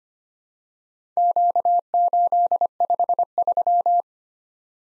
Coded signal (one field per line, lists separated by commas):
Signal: Morse code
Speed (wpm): 25 wpm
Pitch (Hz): 700 Hz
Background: none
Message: Q853